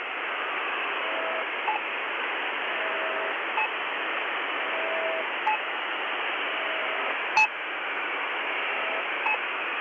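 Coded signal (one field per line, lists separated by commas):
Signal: channel marker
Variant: The Pip imitation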